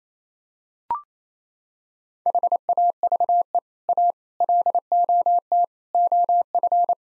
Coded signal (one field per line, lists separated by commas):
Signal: Morse code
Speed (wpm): 28 wpm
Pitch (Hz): 700 Hz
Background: none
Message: HAVE A LOT OF